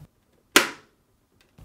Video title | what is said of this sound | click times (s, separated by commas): How to replace Dispenser Shield Assembly part # W10819058 on your Whirlpool Refrigerator | the retaining tabs press until it snaps back in place | 0.6 s